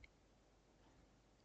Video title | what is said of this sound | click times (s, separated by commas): Alienware M18 R2 Not turning on motherboard repair 3 5 diagnostic error code on the power button | Safety latch in place almost. Okay. We have the click. That's good. | 0.0 s